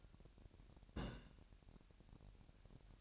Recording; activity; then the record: daily activity, microphone in the room; place on stove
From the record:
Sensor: 2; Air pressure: 1012.0 hPa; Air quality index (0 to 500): 184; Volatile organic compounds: 2 ppm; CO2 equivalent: 1309 ppm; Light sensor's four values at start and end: 78/186/76/74 and 78/186/76/74